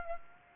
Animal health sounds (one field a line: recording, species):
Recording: mosquito wingbeat signal from an infrared sensor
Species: Aedes aegypti